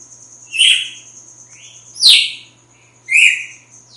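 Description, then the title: Red-cowled cardinal singing three separate clear notes, the middle one sharper and falling, spaced roughly a second apart against a constant thin whine. Female; sings strongly at dawn after the moult. "Canto Galo Campina Fêmea. GALO DE CAMPINA AÇOITA FORTE NA MADRUGADA DEPOIS DA MUDA"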